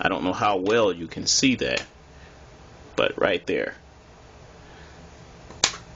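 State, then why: Released. Someone talks while working on a Samsung Galaxy Note II, where a plastic camera housing piece that snaps up under another piece is being popped out. After a quiet stretch, a single sharp, brief pop sounds at 5.6 s as the plastic housing clip comes free, which is how it is supposed to sound when it comes out.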